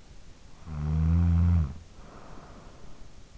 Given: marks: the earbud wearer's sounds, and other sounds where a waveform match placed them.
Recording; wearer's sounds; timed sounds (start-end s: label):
sounds in sleep by an in-ear microphone; snoring breath
0.28-3.31 s: snoring breath